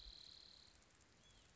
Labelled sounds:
Spotted Towhee (Pipilo maculatus)
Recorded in Sonoma County, California

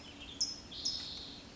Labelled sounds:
Western Tanager (Piranga ludoviciana)
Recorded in Sonoma County, California

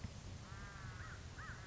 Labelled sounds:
American Crow (Corvus brachyrhynchos)
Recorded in Sonoma County, California

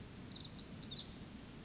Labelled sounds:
Pacific Wren (Troglodytes pacificus)
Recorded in Sonoma County, California

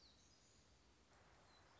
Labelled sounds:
Black-throated Gray Warbler (Setophaga nigrescens)
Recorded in Sonoma County, California

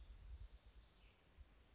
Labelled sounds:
House Wren (Troglodytes aedon)
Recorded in Sonoma County, California

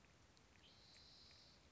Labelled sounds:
Spotted Towhee (Pipilo maculatus)
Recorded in Sonoma County, California

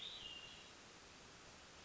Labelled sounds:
Hermit Thrush (Catharus guttatus)
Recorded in Sonoma County, California

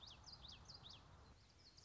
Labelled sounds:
Common Yellowthroat (Geothlypis trichas)
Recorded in Sonoma County, California

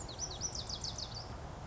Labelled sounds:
Bewick's Wren (Thryomanes bewickii)
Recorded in Sonoma County, California

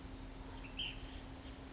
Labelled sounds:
Ash-throated Flycatcher (Myiarchus cinerascens)
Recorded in Sonoma County, California

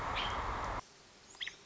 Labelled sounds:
American Robin (Turdus migratorius)
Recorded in Sonoma County, California

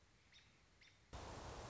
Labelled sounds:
American Robin (Turdus migratorius)
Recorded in Sonoma County, California

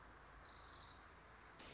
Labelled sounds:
Orange-crowned Warbler (Leiothlypis celata)
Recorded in Sonoma County, California

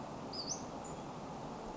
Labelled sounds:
Western Flycatcher (Empidonax difficilis)
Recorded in Sonoma County, California

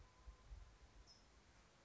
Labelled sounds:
California Towhee (Melozone crissalis)
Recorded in Sonoma County, California

